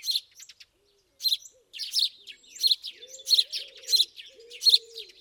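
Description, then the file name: House sparrow chirps, bright and sharp, in short bursts after a brief pause. "Passer domesticus"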